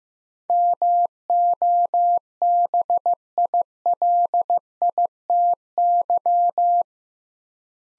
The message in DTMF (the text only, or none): none